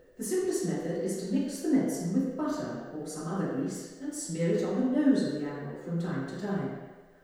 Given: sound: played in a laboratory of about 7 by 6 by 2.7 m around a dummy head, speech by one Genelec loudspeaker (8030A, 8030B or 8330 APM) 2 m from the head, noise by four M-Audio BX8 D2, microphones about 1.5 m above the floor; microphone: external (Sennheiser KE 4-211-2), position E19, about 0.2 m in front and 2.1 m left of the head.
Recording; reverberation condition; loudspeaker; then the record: female speech in English; high; 150 degrees to the right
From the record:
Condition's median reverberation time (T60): about 1300 ms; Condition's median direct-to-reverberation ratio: about -4.0 dB